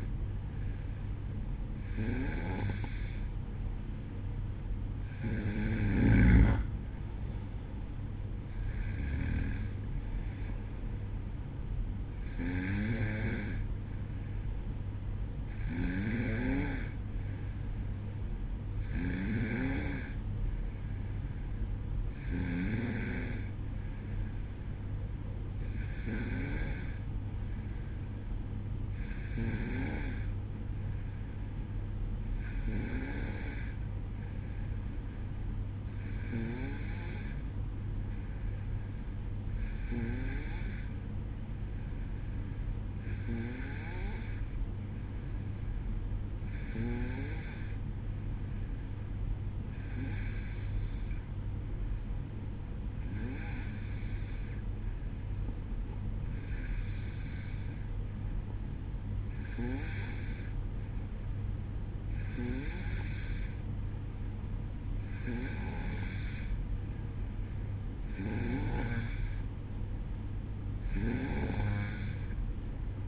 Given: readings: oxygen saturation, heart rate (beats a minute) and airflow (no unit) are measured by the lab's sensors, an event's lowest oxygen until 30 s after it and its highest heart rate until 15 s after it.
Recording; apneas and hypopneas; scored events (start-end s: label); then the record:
breathing in sleep by a smartphone at the bedside; 1
34.00-68.10 s: hypopnea (N2, oxygen 94% highest, then 91% lowest, heart rate 62 at the start, 65 highest)
From the record:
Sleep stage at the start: N2 (light sleep); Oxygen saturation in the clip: 92 to 94%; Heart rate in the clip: 60 to 66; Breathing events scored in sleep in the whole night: 305 in 9.6 hours asleep